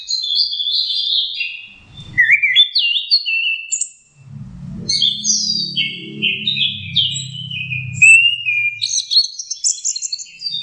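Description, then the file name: Orange-headed thrush song, varied warbled and whistled phrases in quick bursts, with a short pause and a low humming noise beneath the middle section. Indonesian name anis merah; masteran, a training recording for teaching songs to birds. "suara masteran anis merah"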